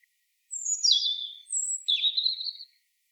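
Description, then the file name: European robin song phrase: high thin notes sliding downward, a short piercing whistle, then a wavering warbled trill against a quiet background. "Erithacus rubecula"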